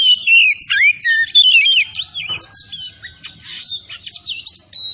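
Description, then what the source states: Oriental magpie-robin song opening with loud clear falling whistles, then softer jumbled chirps and buzzy notes, with brief clicking noise midway. Known as kacer tretes; singing vigorously (gacor).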